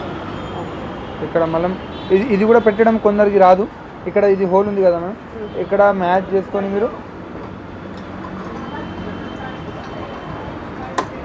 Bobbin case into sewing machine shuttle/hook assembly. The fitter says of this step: Press చేయాలి. Tick అని sound రావాలండి. అయితే లాక్ అయిపోయినట్టు.